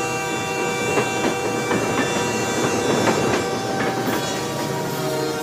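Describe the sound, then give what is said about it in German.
A train on the Santa Fe railway main line running through the town of Holcomb rumbles steadily along the tracks, its wheels clicking in a loose rhythm over a dense, continuous roar with faint metallic ringing tones; no voices are heard. “Eine planlose Ansammlung von Gebäuden, durch die quer hindurch die Hauptstrecke der Santa Fe-Eisenbahn verläuft.”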